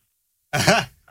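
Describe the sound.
A person on Fun Radio imitates a sheep's bleat with one short, raspy, strained vocal burst that wavers in pitch, rising out of silence and ending with a tiny faint catch of breath.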